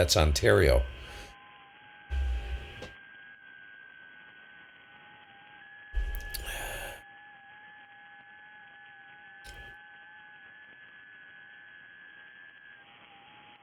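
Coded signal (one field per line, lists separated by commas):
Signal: FT8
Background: speech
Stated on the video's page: FT8 on 160 meters using a new, not-yet-tuned inverted L antenna with a ground rod; live stream.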